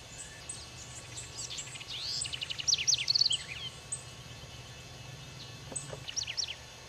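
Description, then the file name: House wren gives a hurried, tumbling song of sharp high notes and buzzy trills, then a shorter burst of rapid notes after a pause, with a constant low hum. "Canto-da-CORRUÍRA"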